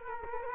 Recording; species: mosquito wingbeat signal from an infrared sensor; Culex quinquefasciatus